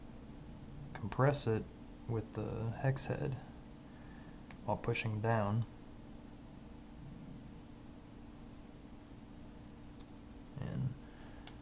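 Someone talks while compressing the firing pin spring with a hex key and pushing down on the metal firing pin assembly in a GSG 1911 pistol slide, with a few faint ticks and handling noises in between. Nothing has seated or clicked into place yet.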